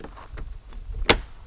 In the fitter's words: it's snapped in everything is good job